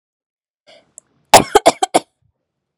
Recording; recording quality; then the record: shallow voluntary cough; excellent, no background noise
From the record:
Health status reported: COVID-19 positive, mild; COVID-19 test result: positive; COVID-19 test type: RT-PCR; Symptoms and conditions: cough, cold, fever, muscle pain, diarrhoea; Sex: female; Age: 28 years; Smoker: no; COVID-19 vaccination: both doses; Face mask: not worn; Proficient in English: yes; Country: India